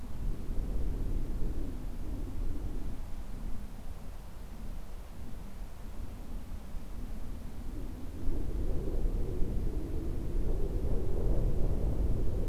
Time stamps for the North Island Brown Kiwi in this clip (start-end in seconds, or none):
none